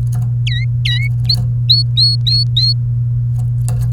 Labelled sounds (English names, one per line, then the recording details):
Domestic Canary song
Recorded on 28 April 2018 at 14:44
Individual llb3